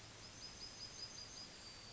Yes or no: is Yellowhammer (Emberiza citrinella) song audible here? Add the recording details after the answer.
yes. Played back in forest. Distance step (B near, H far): F. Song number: 060